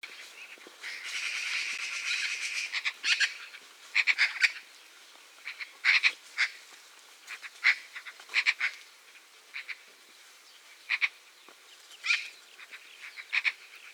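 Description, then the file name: Eurasian magpie chattering with dry, grating notes in short bursts of two or three, repeated irregularly throughout, with a brief hissy noise near the start. "Pica pica"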